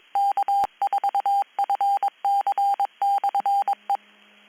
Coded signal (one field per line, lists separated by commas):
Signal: Morse code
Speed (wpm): 22 wpm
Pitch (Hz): 800 Hz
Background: none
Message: K4FC/E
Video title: East Coast Reflector Pop Up Net 2026 07 24 20 00 28